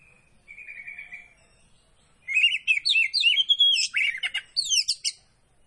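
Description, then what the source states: Oriental magpie-robin starts with soft drawn-out notes, then breaks into a loud, fast string of whistled and buzzy trills. Poci variety of kacer (magpie-robin), singing vigorously in the gacor style.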